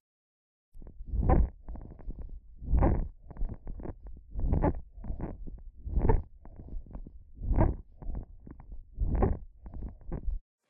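Lung sounds by stethoscope: squawk, a short wheeze heard from mid to late inspiration, recurring with each breath. Classically found in interstitial lung disease, especially hypersensitivity pneumonitis; not pathognomonic, as it can also occur in pneumonia.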